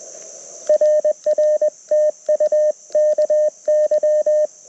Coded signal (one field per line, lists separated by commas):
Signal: Morse code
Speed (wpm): 20 wpm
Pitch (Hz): 590 Hz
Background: radio noise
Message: RR TU KY